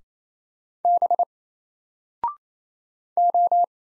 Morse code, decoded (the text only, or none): B O